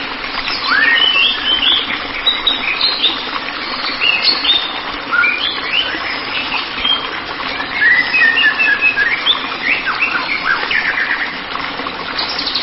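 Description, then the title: White-rumped shama song, a busy run of rich whistles, upslurs and short trills over constant background hiss. "Kicau Murai Batu"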